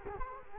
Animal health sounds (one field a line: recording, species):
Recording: mosquito wingbeat signal from an infrared sensor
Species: Culex quinquefasciatus